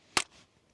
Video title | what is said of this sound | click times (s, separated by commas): The one of the most important things. | here you got to hear a click | 0.2 s